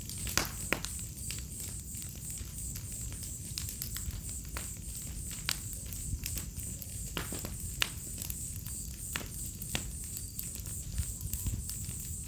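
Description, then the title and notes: Crickets give a high, rapidly pulsing chorus, steady throughout, beneath soft crackling and occasional louder pops of a fire. Cricket chorus on an autumn night beside a crackling bonfire, in a village in the middle of the Mata Atlântica rainforest. "Fogueira, grilos e estalar do fogo - Bonfire, crickets, firecrackling. Ouça ao estalar do fogo e uma sinfonia de grilos em uma noite de outono. Vila em meio a Mata Atlântica"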